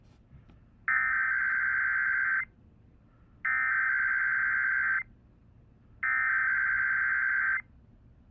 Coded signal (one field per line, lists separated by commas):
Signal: Emergency Alert System (SAME) tones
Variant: header bursts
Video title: Tests from this week (EAS# 579 584)